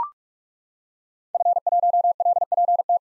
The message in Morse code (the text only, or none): F1LPT